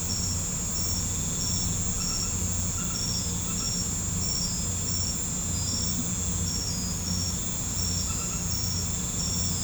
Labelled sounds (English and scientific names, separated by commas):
none